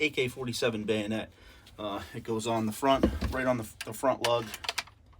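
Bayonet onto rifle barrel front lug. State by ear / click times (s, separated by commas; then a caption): not seated / none. Someone talks while handling a metal AK-47 bayonet that goes onto the front lug under the rifle's muzzle, with faint handling noises and a brief sharp sound near 4.8 s. The bayonet has not seated or clicked onto the lug yet.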